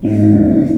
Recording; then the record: squeal of a Yucatan mini pig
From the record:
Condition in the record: after surgery on the right vocal fold (resection and tissue-engineered implant); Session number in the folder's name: 4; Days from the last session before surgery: 26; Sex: female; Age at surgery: 19 weeks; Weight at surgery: 25 kg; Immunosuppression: prednisolone